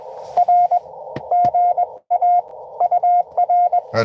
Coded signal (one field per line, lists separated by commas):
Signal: Morse code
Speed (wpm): 22 wpm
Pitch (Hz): 700 Hz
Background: radio noise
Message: R GA UR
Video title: N2AKJ is live! Doing pota at us-2114 #pota #cw #licw